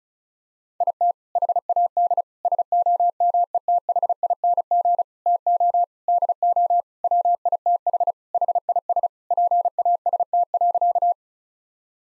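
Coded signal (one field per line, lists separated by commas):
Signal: Morse code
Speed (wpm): 36 wpm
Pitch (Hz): 700 Hz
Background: none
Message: IT HAD SOMETHING TO DO WITH HIS PAST.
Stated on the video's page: Morse practice of sentences with common five-word phrases at 35wpm, each sentence sent before and after being spoken.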